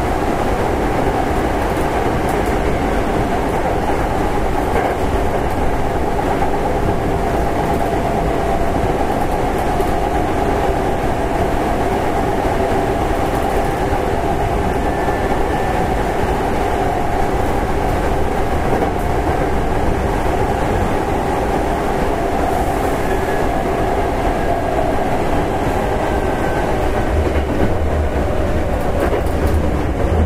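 An express train on the Takarazuka Line runs steadily, its low rumble and rolling wheel noise filling all thirty seconds at an even loudness. A faint whining tone hums through the middle, and light clicks and rattles scatter across the ride without any clear stops.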